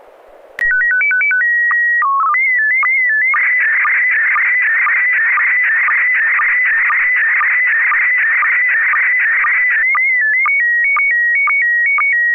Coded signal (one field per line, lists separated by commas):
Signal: SSTV (slow-scan television)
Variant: PD 120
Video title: N6NA SSTV Net - 12/07/2022